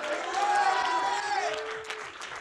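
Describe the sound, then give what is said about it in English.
An audience at a sermon claps and cheers together, with raised voices shouting over a steady wash of applause that stays loud throughout, then eases slightly near the end. “Oh, that's a good place right there to clap your hands and shout hallelujah.”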